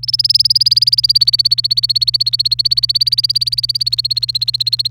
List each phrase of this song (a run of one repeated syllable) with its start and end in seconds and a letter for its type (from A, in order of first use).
0.03-4.91 A